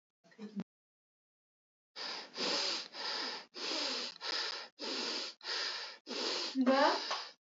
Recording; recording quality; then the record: shallow breathing; excellent, no background noise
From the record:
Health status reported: healthy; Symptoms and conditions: none ticked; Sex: male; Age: 43 years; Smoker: not ticked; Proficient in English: yes